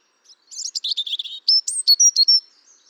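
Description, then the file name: European robin song: a quick tumbling phrase of jumbled high notes, followed by a series of clear, piercing whistled notes. "Erithacus rubecula"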